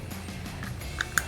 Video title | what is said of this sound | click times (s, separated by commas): Lifestyle Cycles Installation Video: Soundstream - WHD14+ Head Unit | on both sides make sure you hear that that little clip snap it's | 1.0 s, 1.2 s